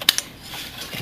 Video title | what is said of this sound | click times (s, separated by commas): Installing a Processor | press them down until they click so | 0.1 s